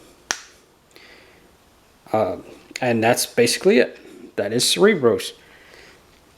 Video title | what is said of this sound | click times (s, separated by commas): Transformers Titans Return Titan Class Fortress Maximus Review | do the same on this side you hear that little click from it popping in | 0.3 s